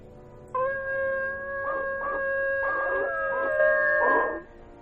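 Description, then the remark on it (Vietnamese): A pack of dogs gathered in one spot in a cave howl together in a long, unbroken chorus, steady high-pitched tones overlapping with rising, wavering cries. The howling is loud and continuous for about four seconds, with no voices. “Một đàn chó quỷ đang tập trung một chỗ, rồi chúng nó chu lên liên hồi.”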